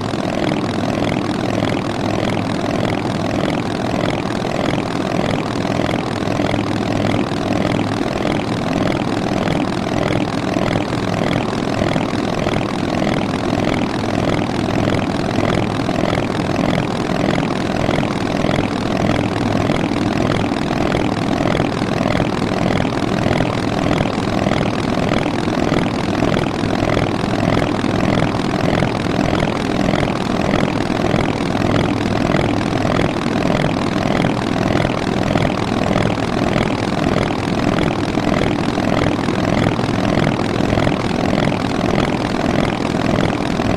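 Motorcycle engines at the Sturgis rally drone steadily throughout, a dense, unbroken roar with a fast rhythmic throb and a low hum beneath.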